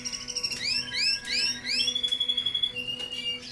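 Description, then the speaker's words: Canary song, series of rising sweeping whistles repeated quickly, then a long steady high note, with a faint low hum underneath. About 40 males singing full song in an aviary at an ornithology institute near Starnberg, Germany; song persuades females to produce a second clutch and maintains pair bonds. "das ist Gesang, Vollgesang der Männchen hier in der Voliere. Hier haben wir ungefähr an die, sag ich mal, 40 Männchen."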